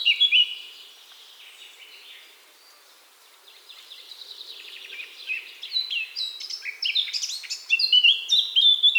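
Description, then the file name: Eurasian blackcap: a brief whistled phrase, a quiet stretch of soft chatter, then an increasingly loud burst of clear, varied fluting notes. "Sylvia atricapilla"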